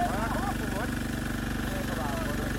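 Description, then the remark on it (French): A motor pump runs steadily, pumping water from the road into the lake beside gabion works. Its low engine drone chugs in a fast, even rhythm, while voices talk intermittently over the continuous mechanical hum. “Tout près, il y a une machine à moteur qui pompe de l'eau de la route vers le lac.”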